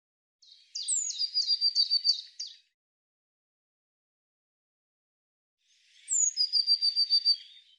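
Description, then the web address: Eurasian blue tit calling: a thin high note slides down into a fast run of bright, even notes, given twice with a long silent gap between. "cianscape birddata Deverinetal 2025 File cleaned normalized Bird Cy Ca"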